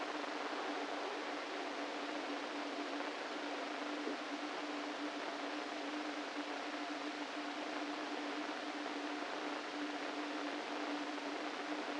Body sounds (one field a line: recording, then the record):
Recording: brain microelectrode recording played as sound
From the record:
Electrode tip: inside the subthalamic nucleus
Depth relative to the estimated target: 0 mm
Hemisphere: right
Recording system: NeuroSet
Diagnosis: Parkinson's disease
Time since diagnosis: 13 years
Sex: male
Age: 49 years